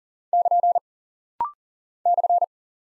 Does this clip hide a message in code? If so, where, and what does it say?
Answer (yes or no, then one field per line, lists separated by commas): yes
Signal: Morse code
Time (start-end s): 0.3-2.4 s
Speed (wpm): 39 wpm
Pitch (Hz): 700 Hz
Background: none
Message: <KN> /